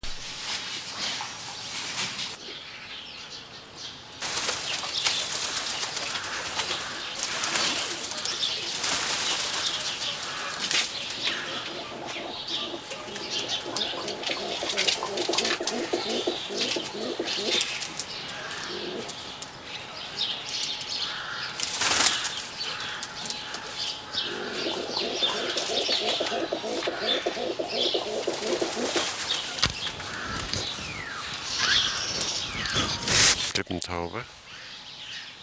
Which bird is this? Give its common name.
Hill Pigeon